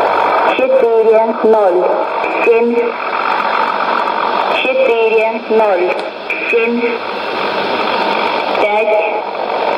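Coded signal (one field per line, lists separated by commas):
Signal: numbers station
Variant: S06s, Russian female voice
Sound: a woman's voice reading short Russian number groups through radio noise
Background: radio static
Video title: 16 01 2020 S06s Russian Lady numbers station in Russian to Eu 0944 on 9540 unknown tx site USB+AM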